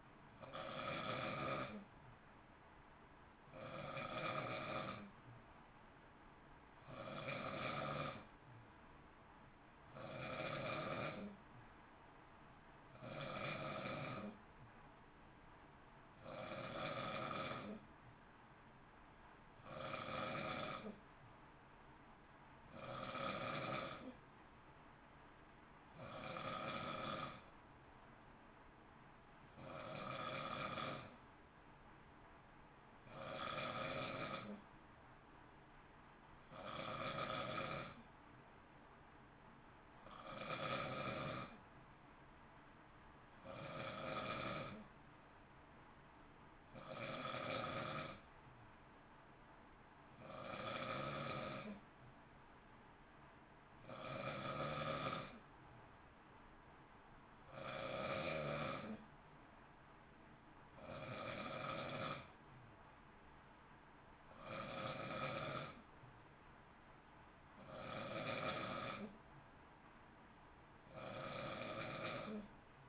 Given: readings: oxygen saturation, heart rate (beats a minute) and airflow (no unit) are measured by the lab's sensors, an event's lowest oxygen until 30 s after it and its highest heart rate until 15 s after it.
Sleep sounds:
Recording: breathing in sleep by a voice recorder at the bedside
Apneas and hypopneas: none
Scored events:
none scored
From the record:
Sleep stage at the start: N2 (light sleep)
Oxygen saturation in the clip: 91 to 92%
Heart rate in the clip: 55 to 60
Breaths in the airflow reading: 27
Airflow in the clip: -0.7 to 0.6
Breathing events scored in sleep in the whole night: 328 in 6.3 hours asleep

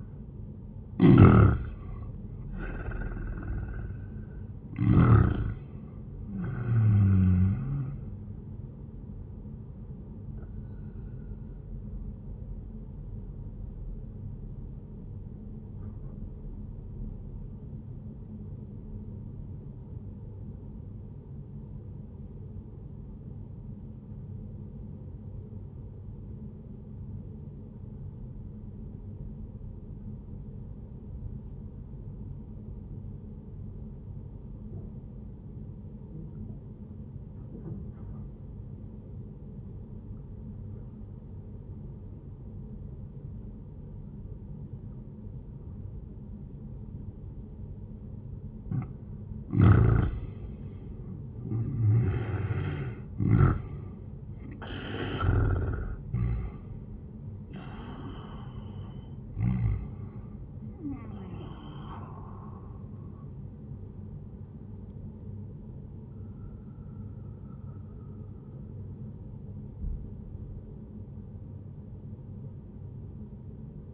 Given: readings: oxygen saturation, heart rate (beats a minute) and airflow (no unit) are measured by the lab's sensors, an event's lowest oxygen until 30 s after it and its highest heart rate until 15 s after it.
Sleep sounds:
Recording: breathing in sleep by a smartphone at the bedside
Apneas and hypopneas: 1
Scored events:
19.00-48.90 s: obstructive apnea (N1, oxygen 95% highest, then 85% lowest, heart rate 72 at the start, 87 highest)
From the record:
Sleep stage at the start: N1 (lightest sleep)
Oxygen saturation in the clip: 86 to 95%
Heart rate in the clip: 71 to 87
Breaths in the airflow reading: 6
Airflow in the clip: -12.9 to 15.0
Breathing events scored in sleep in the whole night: 131 in 7.2 hours asleep

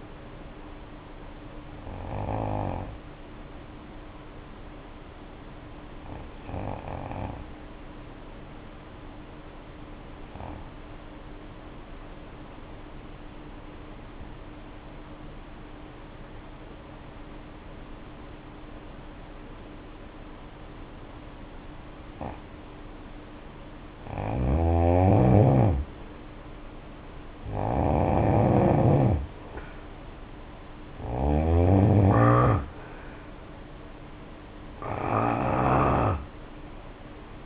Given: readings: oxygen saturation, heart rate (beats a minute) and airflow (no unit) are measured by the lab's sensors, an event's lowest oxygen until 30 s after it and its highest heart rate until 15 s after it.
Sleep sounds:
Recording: breathing in sleep by a voice recorder at the bedside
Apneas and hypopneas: 1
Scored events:
14.00-25.80 s: obstructive apnea (N2, oxygen 95% highest, then 81% lowest, heart rate 61 at the start, 70 highest)
14.00-37.46 s: new sleep stage, N2 (light sleep)
From the record:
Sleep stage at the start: N1 (lightest sleep)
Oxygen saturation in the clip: 79 to 95%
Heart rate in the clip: 56 to 70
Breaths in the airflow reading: 6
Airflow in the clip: -5.1 to 4.8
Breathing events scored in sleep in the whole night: 520 in 7.2 hours asleep

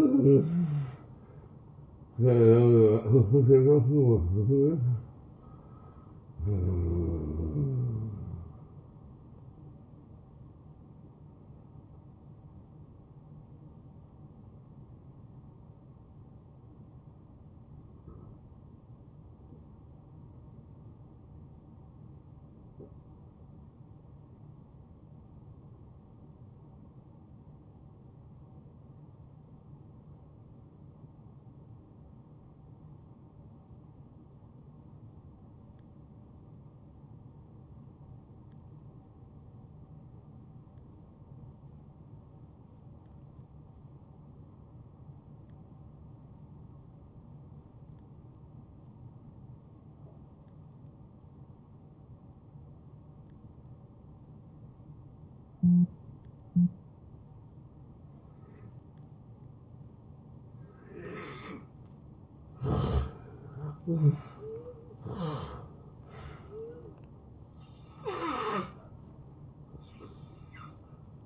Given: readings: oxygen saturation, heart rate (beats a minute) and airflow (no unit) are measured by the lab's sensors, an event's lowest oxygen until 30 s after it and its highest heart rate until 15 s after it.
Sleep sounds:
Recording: breathing in sleep by a smartphone at the bedside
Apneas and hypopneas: 1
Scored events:
16.00-62.90 s: hypopnea (N1, oxygen 96% highest, then 78% lowest, heart rate 78 at the start, 85 highest)
From the record:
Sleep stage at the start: N1 (lightest sleep)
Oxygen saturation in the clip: 79 to 96%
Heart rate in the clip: 60 to 86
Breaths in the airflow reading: 8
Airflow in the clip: -15.8 to 8.4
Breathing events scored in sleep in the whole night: 263 in 5.5 hours asleep

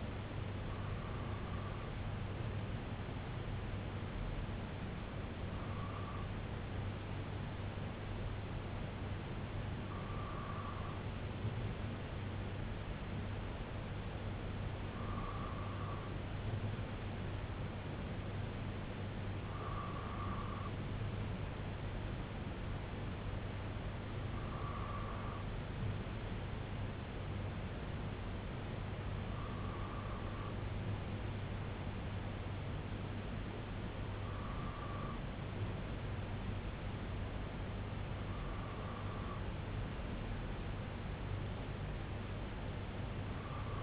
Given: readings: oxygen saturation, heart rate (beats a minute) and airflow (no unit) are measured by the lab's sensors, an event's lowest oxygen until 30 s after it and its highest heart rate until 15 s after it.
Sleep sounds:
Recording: breathing in sleep by a voice recorder at the bedside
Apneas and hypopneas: none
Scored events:
none scored
From the record:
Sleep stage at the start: N2 (light sleep)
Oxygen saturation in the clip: 94 to 96%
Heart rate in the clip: 65 to 70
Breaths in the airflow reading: 9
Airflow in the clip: -4.8 to 2.5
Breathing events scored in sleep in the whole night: 258 in 7.4 hours asleep

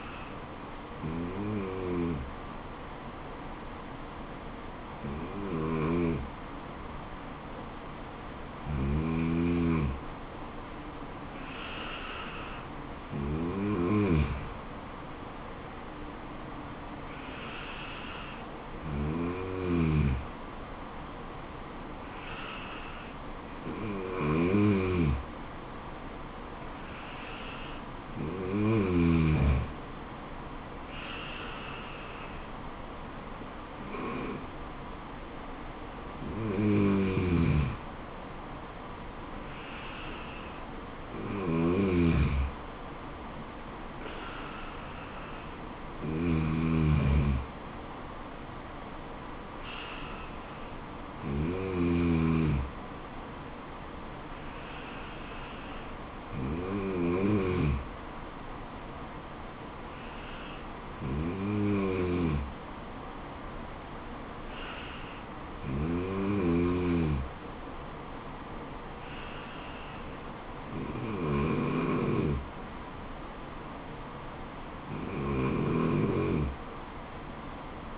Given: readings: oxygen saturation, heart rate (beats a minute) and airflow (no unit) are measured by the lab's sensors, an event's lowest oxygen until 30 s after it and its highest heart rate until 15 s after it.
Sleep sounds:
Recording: breathing in sleep by a voice recorder at the bedside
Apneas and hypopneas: none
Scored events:
none scored
From the record:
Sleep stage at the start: N2 (light sleep)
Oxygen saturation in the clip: 93 to 95%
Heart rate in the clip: 67 to 77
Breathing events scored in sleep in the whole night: 426 in 7.4 hours asleep

